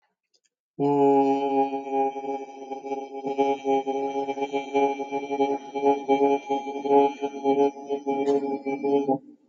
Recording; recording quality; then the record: sustained vowel as in boot; moderate, slight background noise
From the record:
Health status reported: healthy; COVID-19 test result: not tested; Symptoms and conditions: none ticked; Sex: male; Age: 30 years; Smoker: not ticked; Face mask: not worn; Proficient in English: yes